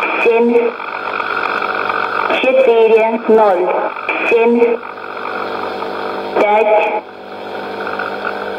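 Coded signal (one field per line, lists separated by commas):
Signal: numbers station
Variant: S06s, Russian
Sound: a voice speaking short, separated words, likely numbers, over constant shortwave hiss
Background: radio static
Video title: 16 01 2020 S06s Russian Lady numbers station in Russian to Eu 0944 on 9540 unknown tx site USB+AM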